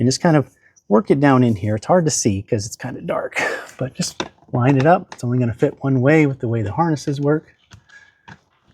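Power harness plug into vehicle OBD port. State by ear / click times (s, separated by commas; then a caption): seated / 7.7 s, 8.3 s. Someone talks while lining up the blue end of a dash screen power harness and pushing it into a Tesla's OBD port under the dark dash. The plastic connector only fits one way, and it latches with clicks at 7.7 s and 8.3 s, seating fully.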